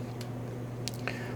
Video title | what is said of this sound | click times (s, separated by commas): Nintendo Switch Lite - How to Replace Left Analog Stick | and click into place here. | 0.9 s, 1.1 s